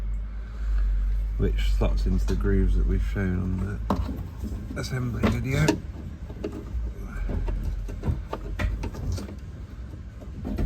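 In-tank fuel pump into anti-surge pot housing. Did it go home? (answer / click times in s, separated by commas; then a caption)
yes / 8.6 s. The in-tank fuel pump from a Protec anti-surge LPFP kit for an MQB Golf MK7 GTI is slotted into the grooves of the anti-surge pot housing and pushed down. Someone talks, then short handling knocks are followed by a positive click at 8.6 s. The pump seats in place.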